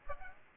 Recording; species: mosquito wingbeat signal from an infrared sensor; Aedes aegypti